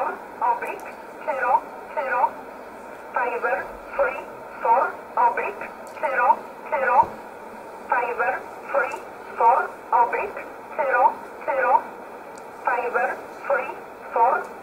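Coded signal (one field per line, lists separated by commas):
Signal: numbers station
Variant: E11 Oblique, English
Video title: 01 06 2020 E11 Oblique Numbers station in English 0901 on 7449 unknown tx site in USB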